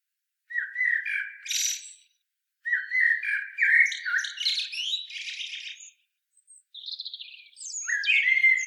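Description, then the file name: Common blackbird song: two warbled phrases, each opening with low mellow fluting notes and ending in higher squeaky twitters, followed after a short pause by high twittering and another phrase. "Turdus merula"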